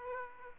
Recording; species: mosquito wingbeat signal from an infrared sensor; Aedes aegypti